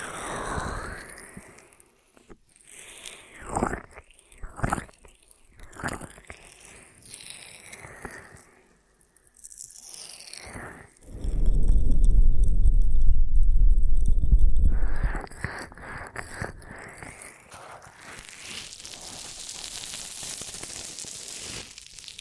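Ear massage triggers: rubbing and crinkly, crunchy handling sounds in short bursts through the first ten seconds, with brief quiet gaps. Around 11 to 15 seconds a louder, deep muffled rubbing takes over, then softer brushing and a hissy, bright swish trail off toward the end.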